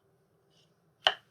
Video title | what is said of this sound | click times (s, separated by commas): Cheap & Effective Metal Tool Maintenance | gonna lock that in place with that little click sound that you heard just there and then you've got to square the blade up | 1.1 s